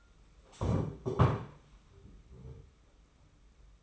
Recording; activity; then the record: daily activity, microphone in the room; stand up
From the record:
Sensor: 1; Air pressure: 991.6 hPa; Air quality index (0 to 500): 154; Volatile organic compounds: 1000 ppm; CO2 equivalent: 5720 ppm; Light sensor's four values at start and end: 30/102/40/40 and 30/100/39/39